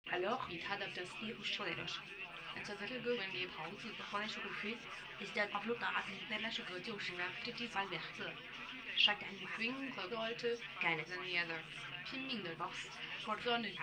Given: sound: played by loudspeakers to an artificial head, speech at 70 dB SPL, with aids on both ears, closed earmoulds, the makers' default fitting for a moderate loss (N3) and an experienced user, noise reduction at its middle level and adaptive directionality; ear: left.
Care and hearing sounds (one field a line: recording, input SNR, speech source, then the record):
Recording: speech test signal (ISTS) in cocktail-party noise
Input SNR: +9 dB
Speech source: on the right (90 degrees)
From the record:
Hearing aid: class 2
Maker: F